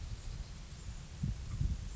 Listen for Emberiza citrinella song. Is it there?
no